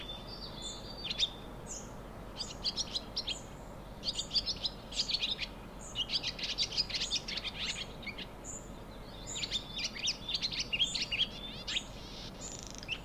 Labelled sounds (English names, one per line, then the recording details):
Barn Swallow
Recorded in the wild
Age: adult
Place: Untertweng, AT
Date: 1972-05-12
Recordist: Brunner, Thomas